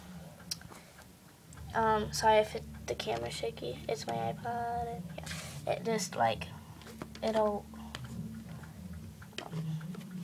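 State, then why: Seated. A sliding door on a plastic toy horse stall in a Breyer barn is closed while someone talks. Its latch locks into place with a sharp click at 9.4 seconds.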